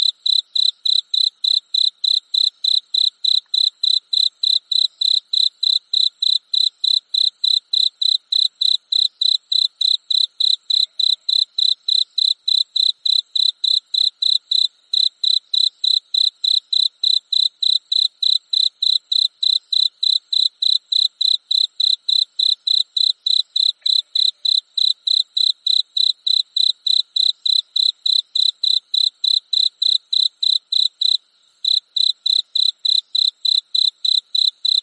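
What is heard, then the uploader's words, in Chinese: A cricket chirps steadily, a bright, high pulsing trill repeating several times a second with machine-like regularity. The rhythm barely changes across the whole stretch, with a couple of tiny gaps near the middle and end, and almost nothing else beneath it. 蟋蟀 频率5次 大自然声音。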